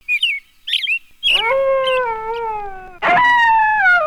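Eider calls: short high yelps, then two drawn-out, rich, moaning coos that slide gently downward, the second starting louder.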